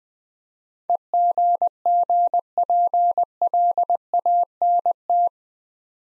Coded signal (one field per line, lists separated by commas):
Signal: Morse code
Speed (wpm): 20 wpm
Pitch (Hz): 700 Hz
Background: none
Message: EGGPLANT